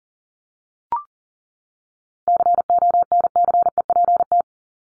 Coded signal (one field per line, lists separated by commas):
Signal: Morse code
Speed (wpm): 40 wpm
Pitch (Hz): 700 Hz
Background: none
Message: CONCEPT